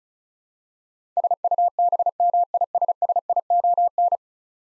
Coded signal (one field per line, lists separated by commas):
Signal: Morse code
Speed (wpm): 36 wpm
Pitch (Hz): 700 Hz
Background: none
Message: SUBMISSION